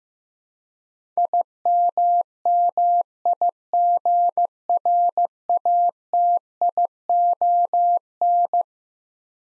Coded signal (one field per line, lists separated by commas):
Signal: Morse code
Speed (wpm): 15 wpm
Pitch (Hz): 700 Hz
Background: none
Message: IMMIGRATION